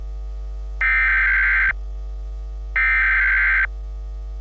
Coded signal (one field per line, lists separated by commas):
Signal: Emergency Alert System (SAME) tones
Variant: header bursts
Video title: An EAS Scenario - M A R S I S T H E N E W E A R T H - ???????????????????????????????? (Part II)